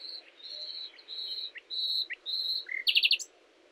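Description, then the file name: Common nightingale song: a run of long level whistles, quick slurred notes, then a fast burst of sharp repeated clicks, over faint background hiss. "Luscinia megarhynchos"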